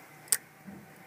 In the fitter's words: that's the clicking sound that means my bobbin has been clicked in